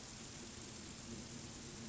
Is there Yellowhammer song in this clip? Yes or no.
no